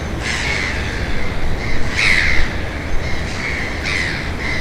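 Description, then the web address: Gulls calling, a quick series of harsh squawks and cries in uneven rhythm, with steady background surf or wind. At the ocean. "ocean seagulls"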